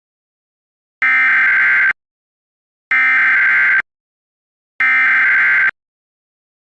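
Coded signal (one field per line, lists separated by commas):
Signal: Emergency Alert System (SAME) tones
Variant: header bursts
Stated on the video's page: Fictional EAS scenario with mock alerts, not a real broadcast.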